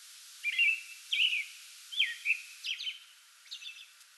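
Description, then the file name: American robin giving a few short whistled phrases followed by fainter high squeaky notes, with a soft background hiss. Pre-dawn song bout recorded 8 May 2022. "2022-05-08 American Robin pre-dawn song bout"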